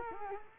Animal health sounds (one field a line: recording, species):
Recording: mosquito wingbeat signal from an infrared sensor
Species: Culex quinquefasciatus